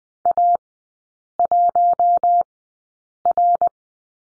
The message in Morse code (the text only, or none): A1R